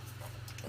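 A small plastic plug is popped out of a Holy Stone HS700D drone remote-control transmitter, likely to make room for the phone holder. Two short clicks sound at 0.5 s and 0.6 s over a steady low hum, and the plug comes free.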